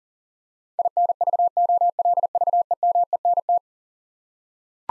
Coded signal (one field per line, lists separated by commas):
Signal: Morse code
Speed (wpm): 40 wpm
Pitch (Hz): 700 Hz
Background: none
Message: INVOLVEMENT